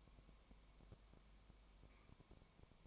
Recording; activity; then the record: daily activity, microphone in the room; no activity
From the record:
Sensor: 1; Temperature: 19.1 degrees Celsius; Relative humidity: 34.0%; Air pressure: 1001.3 hPa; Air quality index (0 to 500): 82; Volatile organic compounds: 1 ppm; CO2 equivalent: 818 ppm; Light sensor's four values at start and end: 1/2/1/1 and 1/2/1/1